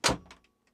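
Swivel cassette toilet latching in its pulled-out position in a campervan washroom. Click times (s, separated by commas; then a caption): 0.3 s. A swivel cassette toilet in the washroom of a Malibu Diversity 640 GT Skyview LE K campervan has its top lever twisted and is pulled out from its stowed position. A loud thunk at the start fades, then a sharp click at 0.3 s and a fainter tick at 0.4 s follow. The toilet latches into its pulled-out position.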